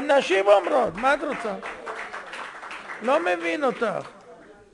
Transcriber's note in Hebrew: מחיאות כפים